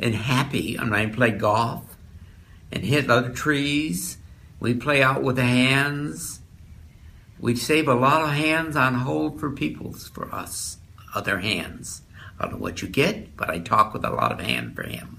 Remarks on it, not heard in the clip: Another type of aphasia is Wernicke's aphasia. This is a fluent aphasia that comes from damage to the temporal lobe of the brain. This lobe affects short-term memory and comprehension of spoken language. A stroke survivor with this type of fluent aphasia. Many people with this condition speak meaningless or unintelligible words and sentences, even if they make perfect sense in their head.